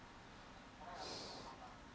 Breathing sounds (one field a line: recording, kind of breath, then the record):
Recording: one breath in and out by a microphone near the nose and mouth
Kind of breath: normal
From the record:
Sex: male